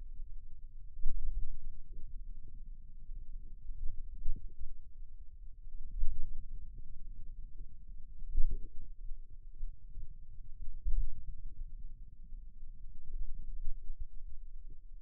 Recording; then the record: forearm muscle sounds (acoustic myography)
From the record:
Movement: pen grasping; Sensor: system 2, bracelet of six BSWA MPA416 microphones around the upper forearm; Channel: 6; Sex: male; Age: 22 years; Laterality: right